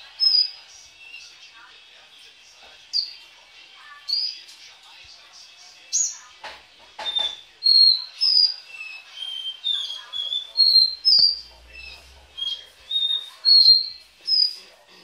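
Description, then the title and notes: Belgian canary song: long series of whistled and chirped notes at varied pitches with short gaps, a few sharp clicks in between. "Canario Belga, nyonyastudio"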